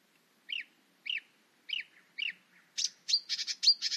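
Bird calls: four short high chirps spaced about half a second apart, then a faster burst of sharp, buzzy notes.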